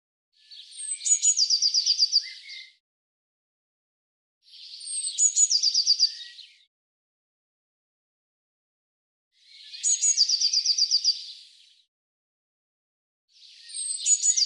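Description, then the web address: Eurasian blue tit giving high thin notes followed by a fast, even trill, the phrase repeated four times with silence between. "Deverinetal"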